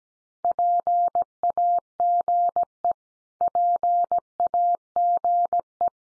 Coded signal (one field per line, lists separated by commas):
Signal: Morse code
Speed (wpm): 17 wpm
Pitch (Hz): 700 Hz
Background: none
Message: PAGE PAGE